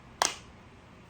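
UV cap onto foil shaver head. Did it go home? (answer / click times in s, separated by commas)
yes / 0.2 s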